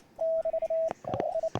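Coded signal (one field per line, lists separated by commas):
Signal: Morse code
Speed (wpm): 27 wpm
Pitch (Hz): 650 Hz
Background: radio noise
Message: <BT> I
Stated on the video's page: Ragchew sent with a bug key on a homemade multi-band vertical antenna.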